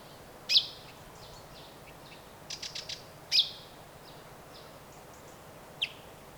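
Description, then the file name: Common chaffinch calls: three sharp high single notes spread over several seconds, with a quick burst of fainter notes in between. "Fringilla coelebs"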